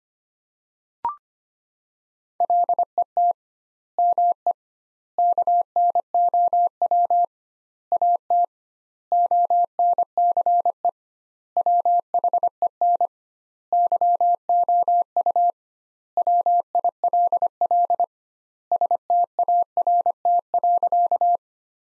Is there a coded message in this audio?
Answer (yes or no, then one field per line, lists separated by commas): yes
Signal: Morse code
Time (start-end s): 2.4-21.4 s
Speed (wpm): 25 wpm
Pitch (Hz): 700 Hz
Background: none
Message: LET ME KNOW AT ONCE WHEN YOU WILL START.